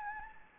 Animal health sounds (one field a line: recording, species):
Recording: mosquito wingbeat signal from an infrared sensor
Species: Anopheles gambiae